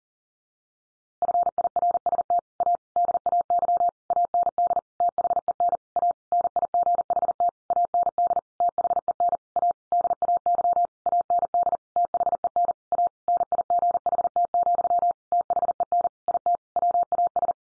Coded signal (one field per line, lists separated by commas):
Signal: Morse code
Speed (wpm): 40 wpm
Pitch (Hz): 700 Hz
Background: none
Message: FIRST A DAY AND THEN A NIGHT AND THEN A DAY AND THEN A NIGHT, THEN IT WAS